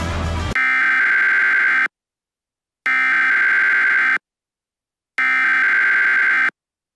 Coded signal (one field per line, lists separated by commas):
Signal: Emergency Alert System (SAME) tones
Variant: header bursts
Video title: EAS MOCK volcano scenario #1: Yellowstone Volcano